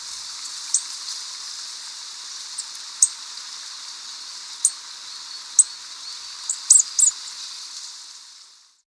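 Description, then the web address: Black-backed bush tanager calls: thin, very high, sharp notes given singly at irregular intervals, clustering near the end, over a steady hiss. Ecuador. "Birds of Ecuador Black-Backed Bush-Tanager"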